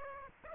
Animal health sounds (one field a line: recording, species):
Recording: mosquito wingbeat signal from an infrared sensor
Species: Aedes aegypti